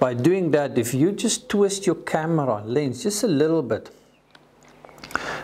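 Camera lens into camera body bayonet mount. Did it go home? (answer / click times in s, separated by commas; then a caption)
yes / 5.2 s. Someone talks for about four seconds, then a camera lens is twisted on the camera body's bayonet mount to check it connects properly. Faint handling ticks lead into a sharp click at 5.2 s as the lens seats onto the mount, showing it is connecting properly.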